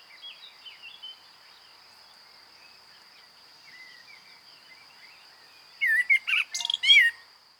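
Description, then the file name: Common blackbird song phrase near the end: low fluted whistles breaking into a squeaky high twitter, after quiet background warbling and a constant high hum. "Turdus merula"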